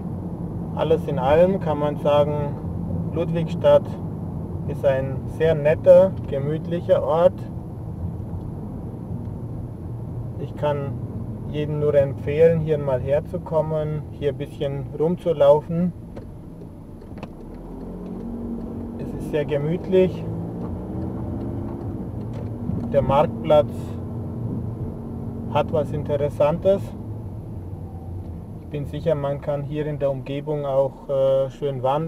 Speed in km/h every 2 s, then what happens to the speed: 37, 29, 28, 28, 29, 22, 15, 8, 9, 21, 27, 28, 25, 19, 6, 0.
0-3 slows to 28. 3-8 steady at about 28. 8-14 brakes to 8. 16-19 speeds up to 27. 23-29 brakes to 0. 29-32 standing.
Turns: 15-18.